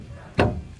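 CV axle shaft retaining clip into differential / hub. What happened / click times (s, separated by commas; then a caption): The shaft's spring retaining clip snapped into place / 0.4 s. A CV axle shaft on a 12th-generation (2009–2014) Ford F-150 is pushed into the differential/hub during front suspension reassembly until its spring retaining clip snaps into place. After a quiet low background, a single sharp, broadband click lands at 0.4 s with a short low-end thump that fades over about the next quarter second. The clip is confirmed seated.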